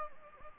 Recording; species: mosquito wingbeat signal from an infrared sensor; Anopheles gambiae